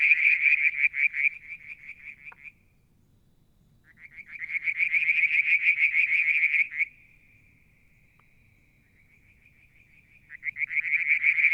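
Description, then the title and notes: Frogs calling in fast pulsed trills, a brief pause, then a loud swelling trill that drops to a thin even trill before strong trilling returns near the end. Mount Wilson, New South Wales, Australia; July 2022; one evening near a water tank; striped marsh frog, Verreaux's tree frog and an unidentified frog calling together. "Frog song, Mount Wilson, New South Wales, Australia in July 2022 – by Alexander Moffatt. Limnodynastes Peronii, Litoria Verreauxii and a mystery frog one evening near the water tank"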